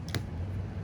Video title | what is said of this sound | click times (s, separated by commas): Windshield Wiper Blade Replacement | sure it clicks into place | 0.1 s, 0.2 s